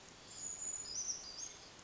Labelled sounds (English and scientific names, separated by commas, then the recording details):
Brown Creeper (Certhia americana)
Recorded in Sonoma County, California